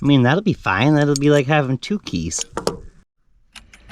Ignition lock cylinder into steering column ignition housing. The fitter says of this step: here's the problem. It just slides in and out.